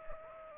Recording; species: mosquito wingbeat signal from an infrared sensor; Aedes aegypti